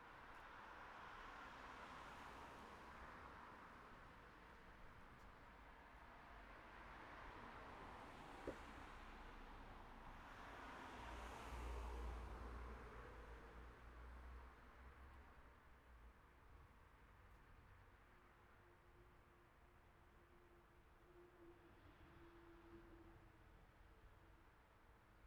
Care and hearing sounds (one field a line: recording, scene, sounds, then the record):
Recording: everyday scene through a hearing-aid microphone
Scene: in traffic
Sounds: traffic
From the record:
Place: city secondary road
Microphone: behind the ear, right, rear